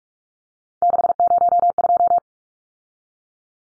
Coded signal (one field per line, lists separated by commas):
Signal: Morse code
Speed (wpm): 44 wpm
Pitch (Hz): 700 Hz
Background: none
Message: 602